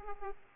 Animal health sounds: mosquito wingbeat signal from an infrared sensor; Aedes aegypti

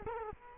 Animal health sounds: mosquito wingbeat signal from an infrared sensor; Culex quinquefasciatus

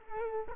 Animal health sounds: mosquito wingbeat signal from an infrared sensor; Culex quinquefasciatus

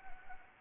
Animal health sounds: mosquito wingbeat signal from an infrared sensor; Anopheles gambiae

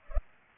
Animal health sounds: mosquito wingbeat signal from an infrared sensor; Culex pipiens

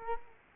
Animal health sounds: mosquito wingbeat signal from an infrared sensor; Culex quinquefasciatus

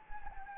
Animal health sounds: mosquito wingbeat signal from an infrared sensor; Anopheles gambiae

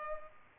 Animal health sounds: mosquito wingbeat signal from an infrared sensor; Culex pipiens

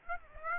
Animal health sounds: mosquito wingbeat signal from an infrared sensor; Aedes aegypti

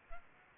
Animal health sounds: mosquito wingbeat signal from an infrared sensor; Aedes aegypti

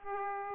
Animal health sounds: mosquito wingbeat signal from an infrared sensor; Aedes aegypti

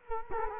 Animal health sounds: mosquito wingbeat signal from an infrared sensor; Culex quinquefasciatus

